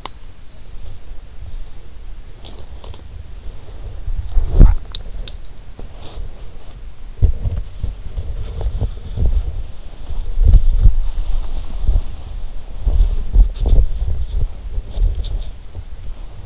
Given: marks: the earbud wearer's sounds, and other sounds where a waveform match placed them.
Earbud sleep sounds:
sounds in sleep by an in-ear microphone; teeth grinding, body movement
0.00-0.16 s: teeth grinding
2.39-3.12 s: teeth grinding
4.30-4.81 s: teeth grinding
4.87-5.36 s: teeth grinding
5.69-16.46 s: body movement

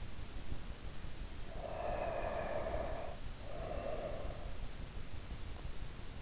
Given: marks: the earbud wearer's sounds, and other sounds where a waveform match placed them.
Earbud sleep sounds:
sounds in sleep by an in-ear microphone; snoring breath
1.48-4.80 s: snoring breath

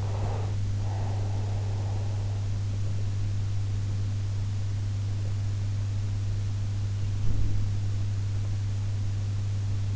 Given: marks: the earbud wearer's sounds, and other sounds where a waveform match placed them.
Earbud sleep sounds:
sounds in sleep by an in-ear microphone; breath
0.00-2.65 s: breath
7.00-8.05 s: sound from someone else or the room

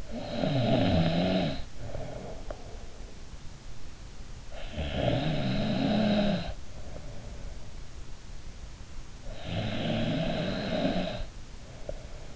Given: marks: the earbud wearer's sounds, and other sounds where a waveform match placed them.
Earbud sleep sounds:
sounds in sleep by an in-ear microphone; snoring breath
0.00-2.36 s: snoring breath
4.49-7.76 s: snoring breath
9.20-12.36 s: snoring breath

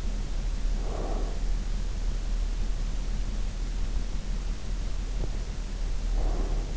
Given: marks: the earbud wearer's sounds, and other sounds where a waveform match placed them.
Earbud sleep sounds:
sounds in sleep by an in-ear microphone; breath
0.49-1.48 s: breath
4.78-6.77 s: breath

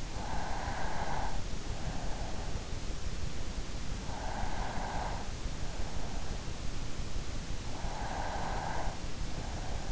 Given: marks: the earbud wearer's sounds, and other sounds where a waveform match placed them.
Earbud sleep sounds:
sounds in sleep by an in-ear microphone; breath
0.00-1.54 s: breath
3.88-5.60 s: breath
7.49-9.37 s: breath

